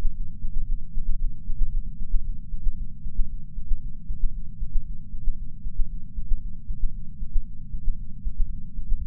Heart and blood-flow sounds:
heart sounds by patch sensor on the chest; 115 bpm
0.11 s: heartbeat
0.63 s: heartbeat
1.15 s: heartbeat
1.68 s: heartbeat
2.20 s: heartbeat
2.73 s: heartbeat
3.25 s: heartbeat
3.77 s: heartbeat
4.29 s: heartbeat
4.81 s: heartbeat
5.33 s: heartbeat
5.85 s: heartbeat
6.37 s: heartbeat
6.89 s: heartbeat
7.41 s: heartbeat
7.93 s: heartbeat
8.45 s: heartbeat
8.97 s: heartbeat
From the record:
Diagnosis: coronary artery disease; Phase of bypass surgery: intraoperative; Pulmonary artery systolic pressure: 19 mmHg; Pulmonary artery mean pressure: 14 mmHg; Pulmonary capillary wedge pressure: 9 mmHg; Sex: female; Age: 71 years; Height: 150 cm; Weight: 59 kg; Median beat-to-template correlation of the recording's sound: 0.94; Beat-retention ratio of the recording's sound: 0.98

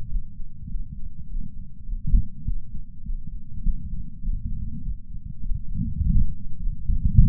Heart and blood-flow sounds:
heart sounds by patch sensor on the chest; 101 bpm
0.10 s: heartbeat
0.70 s: heartbeat
1.29 s: heartbeat
1.87 s: heartbeat
2.45 s: heartbeat
3.05 s: heartbeat
3.64 s: heartbeat
4.22 s: heartbeat
4.82 s: heartbeat
5.41 s: heartbeat
6.01 s: heartbeat
6.60 s: heartbeat
7.20 s: heartbeat
From the record:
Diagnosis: coronary artery disease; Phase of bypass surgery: postoperative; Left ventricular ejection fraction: 62.1%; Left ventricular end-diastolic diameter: 45 mm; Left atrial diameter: 33 mm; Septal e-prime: 6.9 cm/s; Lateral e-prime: 10.6 cm/s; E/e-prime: 10.6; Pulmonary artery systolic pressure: 22 mmHg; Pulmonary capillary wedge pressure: 8 mmHg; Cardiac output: 5.1 L/min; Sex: female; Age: 52 years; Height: 163 cm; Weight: 80 kg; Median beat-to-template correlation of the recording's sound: 0.72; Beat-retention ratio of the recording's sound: 0.98

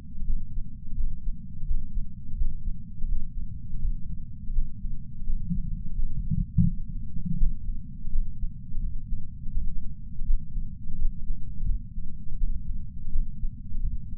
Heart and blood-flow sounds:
heart sounds by patch sensor on the chest; 84 bpm
0.25 s: heartbeat
0.95 s: heartbeat
1.66 s: heartbeat
2.36 s: heartbeat
3.07 s: heartbeat
3.79 s: heartbeat
4.53 s: heartbeat
5.25 s: heartbeat
5.94 s: heartbeat
6.65 s: heartbeat
7.37 s: heartbeat
8.10 s: heartbeat
8.80 s: heartbeat
9.52 s: heartbeat
10.25 s: heartbeat
10.97 s: heartbeat
11.66 s: heartbeat
12.38 s: heartbeat
13.11 s: heartbeat
13.80 s: heartbeat
From the record:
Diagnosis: coronary artery disease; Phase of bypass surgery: postoperative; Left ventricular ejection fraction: 60.9%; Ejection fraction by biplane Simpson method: 59.5%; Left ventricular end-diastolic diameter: 49 mm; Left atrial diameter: 39 mm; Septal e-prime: 6.3 cm/s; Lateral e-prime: 6.7 cm/s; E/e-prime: 11.5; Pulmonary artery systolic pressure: 33 mmHg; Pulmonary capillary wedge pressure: 2 mmHg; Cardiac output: 6.3 L/min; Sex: male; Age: 71 years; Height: 162 cm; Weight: 75 kg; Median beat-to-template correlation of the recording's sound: 0.79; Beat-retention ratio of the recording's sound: 1.00

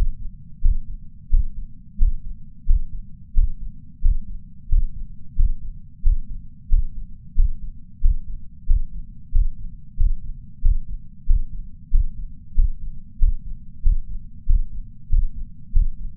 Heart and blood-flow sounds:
heart sounds by patch sensor on the chest; 91 bpm
0.61 s: heartbeat
1.30 s: heartbeat
1.98 s: heartbeat
2.66 s: heartbeat
3.34 s: heartbeat
4.01 s: heartbeat
4.69 s: heartbeat
5.36 s: heartbeat
6.02 s: heartbeat
6.69 s: heartbeat
7.35 s: heartbeat
8.01 s: heartbeat
8.66 s: heartbeat
9.32 s: heartbeat
9.97 s: heartbeat
10.62 s: heartbeat
11.26 s: heartbeat
11.90 s: heartbeat
12.55 s: heartbeat
13.19 s: heartbeat
13.82 s: heartbeat
14.46 s: heartbeat
15.09 s: heartbeat
15.72 s: heartbeat
From the record:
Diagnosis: coronary artery disease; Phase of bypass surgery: intraoperative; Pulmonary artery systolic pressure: 30 mmHg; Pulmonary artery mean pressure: 20 mmHg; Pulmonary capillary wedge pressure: 14 mmHg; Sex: male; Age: 62 years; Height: 165 cm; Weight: 72 kg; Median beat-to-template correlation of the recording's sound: 0.95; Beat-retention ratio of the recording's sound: 0.98

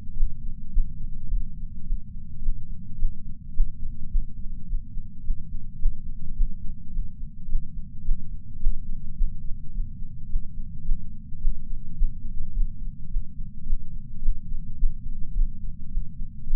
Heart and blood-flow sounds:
heart sounds by patch sensor on the chest; 107 bpm
0.15 s: heartbeat
0.71 s: heartbeat
1.28 s: heartbeat
1.84 s: heartbeat
2.40 s: heartbeat
2.96 s: heartbeat
3.53 s: heartbeat
4.09 s: heartbeat
4.66 s: heartbeat
5.22 s: heartbeat
5.78 s: heartbeat
6.34 s: heartbeat
6.91 s: heartbeat
7.47 s: heartbeat
8.03 s: heartbeat
8.59 s: heartbeat
9.15 s: heartbeat
9.71 s: heartbeat
10.27 s: heartbeat
10.83 s: heartbeat
11.39 s: heartbeat
11.95 s: heartbeat
12.52 s: heartbeat
13.09 s: heartbeat
13.65 s: heartbeat
14.20 s: heartbeat
14.76 s: heartbeat
15.33 s: heartbeat
15.89 s: heartbeat
16.45 s: heartbeat
From the record:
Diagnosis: coronary artery disease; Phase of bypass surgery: postoperative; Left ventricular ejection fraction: 54.7%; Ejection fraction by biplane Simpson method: 51.3%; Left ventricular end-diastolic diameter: 46 mm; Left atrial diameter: 45 mm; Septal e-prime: 5.3 cm/s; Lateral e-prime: 7.1 cm/s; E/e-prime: 10.6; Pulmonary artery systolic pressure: 26 mmHg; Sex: male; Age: 58 years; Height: 182 cm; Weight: 89 kg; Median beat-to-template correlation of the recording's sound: 0.72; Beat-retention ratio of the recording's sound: 0.99

